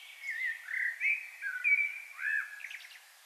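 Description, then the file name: Common blackbird song: a run of rich warbled, fluting notes ending in a scratchy twitter, heard against steady background hiss. "Turdus merula"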